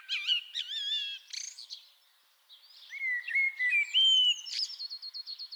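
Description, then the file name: Common blackbird, wavering fluty whistles and a harsh burst, a brief silence, then a rising whistled phrase ending in a rapid high stuttering trill. "Turdus merula"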